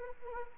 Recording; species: mosquito wingbeat signal from an infrared sensor; Anopheles arabiensis